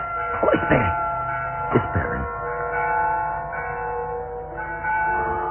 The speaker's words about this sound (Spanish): Esperen. Toque a difuntos. La campana de la torre está llamando a difuntos. Los tañidos de la vieja campana llenaban de temor a Solín. Calimán, es Jorvik. Jorvik tocando la campana.